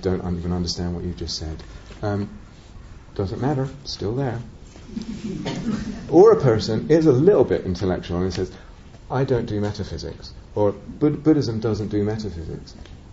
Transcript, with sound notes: I don't even understand what you just said." Doesn't matter. It's still there. [laughter] Or a person is a little bit intellectual and says, "I don't do metaphysics," or "Buddhism doesn't do metaphysics."